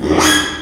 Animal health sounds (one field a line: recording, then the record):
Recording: squeal of a Yucatan mini pig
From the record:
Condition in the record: after surgery on the right vocal fold (resection and tissue-engineered implant)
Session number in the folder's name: 3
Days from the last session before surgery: 33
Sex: male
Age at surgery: 12 weeks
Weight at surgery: 13 kg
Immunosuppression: cyclosporine, prednisolone